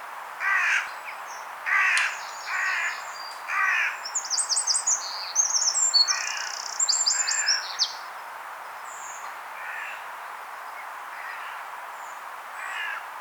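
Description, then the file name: Eurasian wren song, high rapid trilled bursts in the middle, with repeated lower, harsher sounds throughout. "Troglodytes troglodytes"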